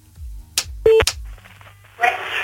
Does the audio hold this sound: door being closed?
no